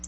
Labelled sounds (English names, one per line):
Black-throated Blue Warbler flight call